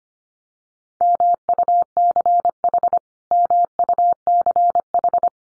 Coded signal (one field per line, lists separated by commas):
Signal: Morse code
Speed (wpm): 25 wpm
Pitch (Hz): 700 Hz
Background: none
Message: MUCH MUCH